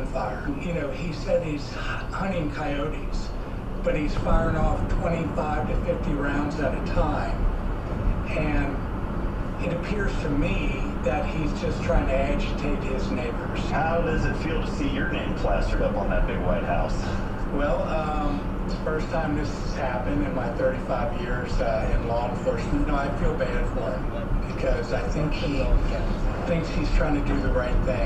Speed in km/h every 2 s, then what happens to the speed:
60, 64, 66, 69, 69, 68, 69, 69, 68, 64, 64, 64, 64, 68.
0-7 speeds up to 69. 7-28 steady at about 68.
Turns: none.